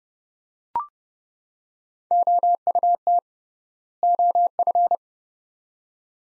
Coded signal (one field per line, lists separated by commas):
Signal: Morse code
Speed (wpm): 29 wpm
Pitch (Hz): 700 Hz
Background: none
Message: OUT OF